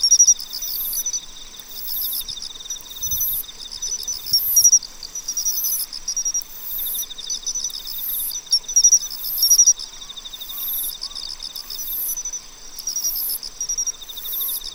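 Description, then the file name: Pine cricket chirps in recurring bursts over a constant ticking trill, amid a dense insect chorus with regular shrill buzzes throughout. "Matsumushi"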